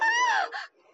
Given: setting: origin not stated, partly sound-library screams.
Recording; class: one-second piece from a danger detection set; woman in danger